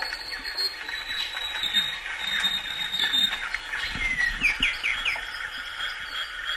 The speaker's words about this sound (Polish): kliknąć na dowolny punkt globu i posłuchać uspokajających dźwięków natury. Tak na przykład brzmi Papua Nowa Gwinea.